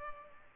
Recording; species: mosquito wingbeat signal from an infrared sensor; Culex pipiens